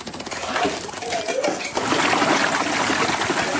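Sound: water poured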